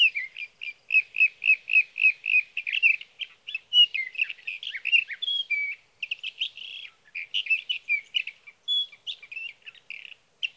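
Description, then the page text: Sage thrasher song, a long continuous run of rapid warbled phrases, first a series of repeated similar notes, then a varied jumble of chirps and whistles without pause. Songs of a male at his night roost, sung through the night, June 12 to 15, 2018, Sierra Valley, California; recorded with a Swift recorder. "61. Sage thrasher songs, through the night."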